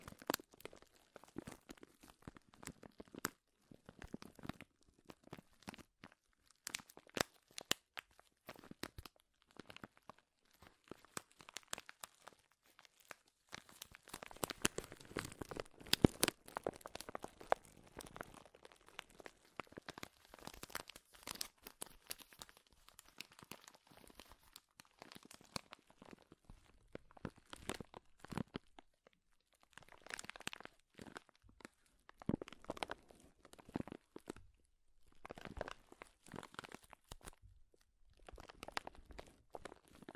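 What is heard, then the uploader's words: Crinkling runs through the whole forty seconds, dense clusters of sharp crackles and crunches that stop and start with short silent gaps. The busiest, loudest stretch comes around fifteen to seventeen seconds, with further bursts near thirty and toward the end. Powerful Crinkles.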